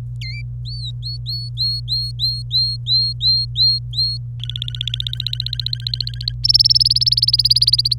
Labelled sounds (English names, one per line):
Domestic Canary song